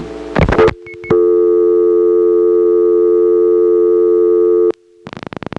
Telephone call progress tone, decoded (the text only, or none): dial tone